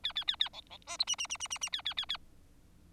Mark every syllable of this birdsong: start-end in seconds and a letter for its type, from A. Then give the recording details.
0.04-0.12 A, 0.15-0.24 A, 0.27-0.36 A, 0.39-0.49 A, 0.53-0.61 B, 0.70-0.77 B, 0.87-0.97 C, 0.99-1.04 D, 1.07-1.16 E, 1.18-1.27 E, 1.29-1.37 E, 1.40-1.48 E, 1.50-1.58 E, 1.61-1.69 E, 1.72-1.82 A, 1.85-1.94 A, 1.97-2.05 A, 2.09-2.17 A. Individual Bird4